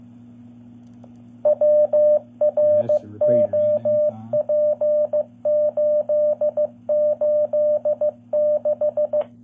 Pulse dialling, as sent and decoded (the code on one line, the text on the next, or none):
none